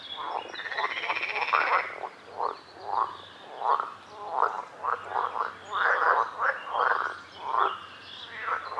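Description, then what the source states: Frogs croaking in quick, uneven succession, many short rough notes, with a faint low hum underneath. Frogs calling at a lake.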